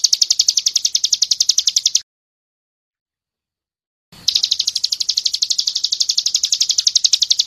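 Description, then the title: Bird song with rapid, high, buzzy chirps for two seconds, a two-second silence, then a longer run of the same fast chirping. Masteran training recording used to teach songbirds. "Suara masteran Burung"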